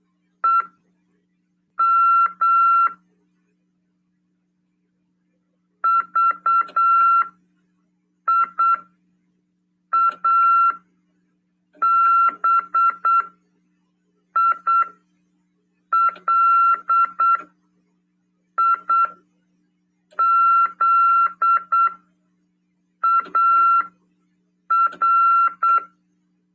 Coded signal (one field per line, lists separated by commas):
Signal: Morse code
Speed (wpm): 8 wpm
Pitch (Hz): 1360 Hz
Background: none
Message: EM VIABILIZAR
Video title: RADIOAMADOR 17/12/2022 "AULA 46: CW, LEGIS e C.RODADA" FM 146.410 Mhz PY2EXU PAULO SP/SP CRASP/RAF.